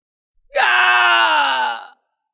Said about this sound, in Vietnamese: Hắn chỉ có thể hét thảm một tiếng, cả người bay ngang ra ngoài.